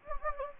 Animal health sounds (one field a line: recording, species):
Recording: mosquito wingbeat signal from an infrared sensor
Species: Anopheles gambiae